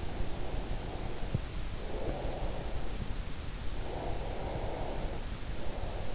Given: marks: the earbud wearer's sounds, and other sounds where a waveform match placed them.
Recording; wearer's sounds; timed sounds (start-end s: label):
sounds in sleep by an in-ear microphone; breath
0.19-3.01 s: breath
3.81-6.15 s: breath